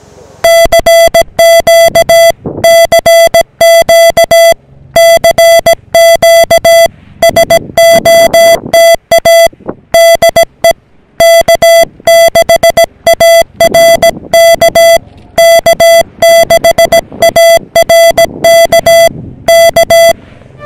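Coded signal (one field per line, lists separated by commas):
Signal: Morse code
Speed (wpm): 17 wpm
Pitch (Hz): 670 Hz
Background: music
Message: CQ CQ CQ SOTA DE K6ARK K6ARK K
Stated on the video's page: 300 mW Rockmite 40 m CW transceiver in an Altoids tin, used on a summit activation.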